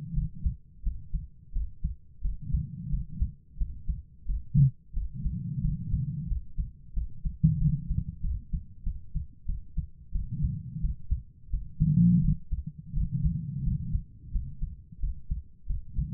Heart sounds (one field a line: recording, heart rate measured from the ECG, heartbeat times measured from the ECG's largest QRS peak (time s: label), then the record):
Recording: heart sounds by stethoscope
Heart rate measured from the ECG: 89 bpm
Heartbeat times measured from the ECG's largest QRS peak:
0.12 s: heartbeat
0.82 s: heartbeat
1.51 s: heartbeat
2.20 s: heartbeat
2.88 s: heartbeat
3.56 s: heartbeat
4.24 s: heartbeat
4.92 s: heartbeat
5.60 s: heartbeat
6.26 s: heartbeat
6.92 s: heartbeat
7.57 s: heartbeat
8.20 s: heartbeat
8.82 s: heartbeat
9.45 s: heartbeat
10.11 s: heartbeat
10.79 s: heartbeat
11.49 s: heartbeat
12.20 s: heartbeat
12.92 s: heartbeat
13.62 s: heartbeat
14.30 s: heartbeat
14.99 s: heartbeat
15.65 s: heartbeat
From the record:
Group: healthy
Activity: rest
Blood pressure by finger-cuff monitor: 122/71 mmHg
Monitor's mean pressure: 89 mmHg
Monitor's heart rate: 88 bpm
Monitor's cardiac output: 7.4 L/min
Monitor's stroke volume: 84 mL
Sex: female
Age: 32 years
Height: 172 cm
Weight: 71.7 kg